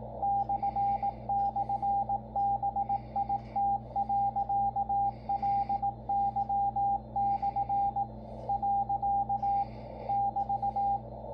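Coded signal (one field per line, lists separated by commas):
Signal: Morse code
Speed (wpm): 18 wpm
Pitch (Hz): 800 Hz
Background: radio noise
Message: //BIT.LY/ . <BT>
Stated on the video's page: Morse received on a Yaesu FTdx10 transceiver.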